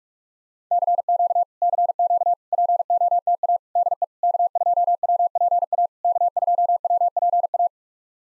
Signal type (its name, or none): Morse code